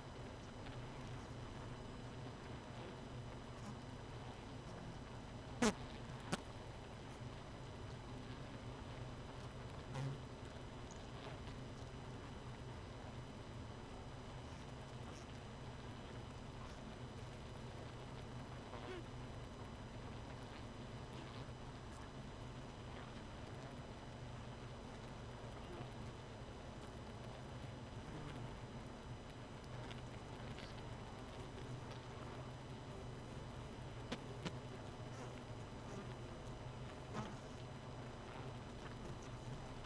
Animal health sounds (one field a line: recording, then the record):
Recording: honeybee colony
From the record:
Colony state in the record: missing queen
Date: 31 May 2018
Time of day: 0:10